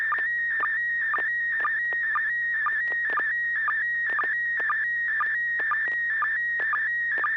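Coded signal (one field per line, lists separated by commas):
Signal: SSTV (slow-scan television)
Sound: warbling tone steadily shifting pitch, with short low chirps about twice a second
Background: low hum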